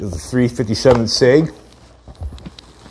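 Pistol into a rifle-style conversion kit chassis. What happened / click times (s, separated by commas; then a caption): The part is being handled but has not seated yet / none. Someone talks while handling a Glock 31 in .357 SIG pistol, which is being slid into a CAA Micro Conversion Kit rifle-style chassis behind the charging handle. After the talking stops, a few faint handling taps come near 2.2 to 2.6 s. The clip ends before the pistol is pushed forward into place, so nothing has clicked or seated yet.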